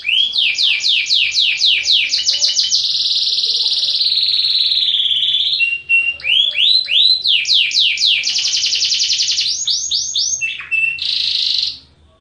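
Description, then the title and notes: Canary singing long rolling trills and a sustained buzzy tour, broken by short pauses, with quick down-slurred notes repeated several times a second before fading out. Canary master song recording used as a training tutor for other canaries. "Suara Burung Kenari Masteran. master suara burung kenari mantap"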